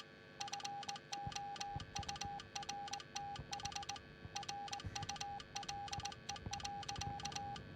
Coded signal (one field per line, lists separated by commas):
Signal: Morse code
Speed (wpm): 21 wpm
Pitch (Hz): 810 Hz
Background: none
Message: FOURTH RULE.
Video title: BF1 Morse Code 5 Second try